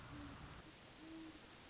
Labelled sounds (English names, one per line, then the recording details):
Great Horned Owl
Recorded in Sonoma County, California